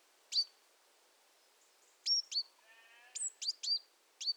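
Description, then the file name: Great tit calls: scattered sharp high notes and brief whistles, with a faint low harmonic bleat-like sound midway. "Parus major"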